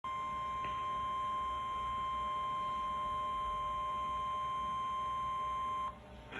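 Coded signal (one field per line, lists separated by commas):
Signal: Emergency Alert System (SAME) tones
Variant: 1050 Hz attention tone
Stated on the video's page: Severe thunderstorm warnings received on an iRonsnow IS-399 NOAA Weather Radio.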